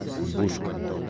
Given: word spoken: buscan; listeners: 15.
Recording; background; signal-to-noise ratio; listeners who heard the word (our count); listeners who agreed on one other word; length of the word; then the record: one Spanish word in noise, from a listening test; eight-talker babble; 0.1 dB; 0 of 15; 11 of 15; 0.70 s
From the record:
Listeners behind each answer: 11, 1, 1, 1, 1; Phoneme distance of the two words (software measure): 17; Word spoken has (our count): 2 syllables, 6 phonemes, stress on syllable 1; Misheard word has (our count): 2 syllables, 5 phonemes, stress on syllable 1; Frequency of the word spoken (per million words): 25.50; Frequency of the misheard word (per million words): 5.93